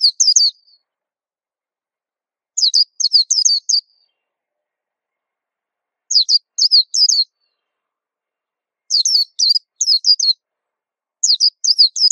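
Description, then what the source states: White-eye song: bursts of high, thin, rapidly slurred twittering notes, each phrase about a second long, repeated every few seconds with silent gaps between. Song described as melodious and long.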